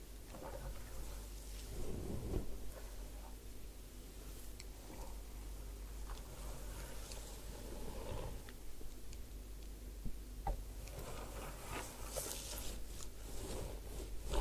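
A head spa hair wash with scalp massage: a steady low hum runs underneath while soft rubbing and scratchy, patter-like sounds come and go. Brief crisp clicks land now and then, with a brighter, busier burst of rustling near the end.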